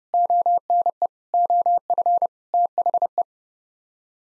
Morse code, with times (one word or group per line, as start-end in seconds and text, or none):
0.1-1.1 ONE
1.3-2.3 OF
2.5-3.2 THE